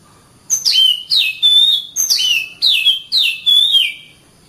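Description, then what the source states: Oriental magpie-robin song of six bright whistled phrases in quick succession, each dropping steeply from a high note into a sustained lower tone. Kacer master song recording.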